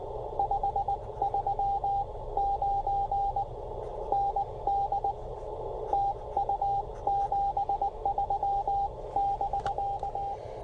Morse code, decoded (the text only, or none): 539 ND TU 73 <BK>